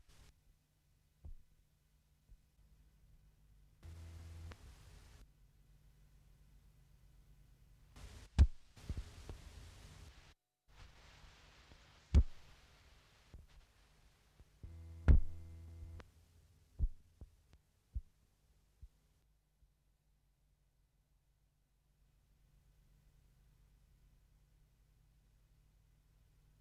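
Experimental electronic piece built from a tape loop, DIY synthesizer and low tape noises. A steady low hum runs underneath while sparse bursts of buzzy tone and hiss enter around 4, 8–10 and 15 seconds, with sharp clicks scattered between. The last seconds thin to quiet hum.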